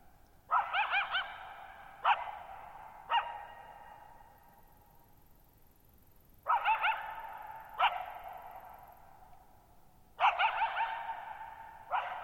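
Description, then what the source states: Coyote barking repeatedly, warbling yips in three bursts each followed by one or two sharp barks, every call trailing away in a long echo, quiet gaps of a few seconds between. Lone coyote at night, July 14, 2019, Thirtymile Meadows, Okanogan National Forest (Okanogan High Country), Pacific Northwest, 6400 ft; tall mountains on a high, mostly dry plateau, shallow bowl-shaped meadows, boggy ground.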